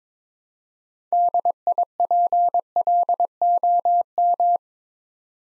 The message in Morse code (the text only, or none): DIPLOM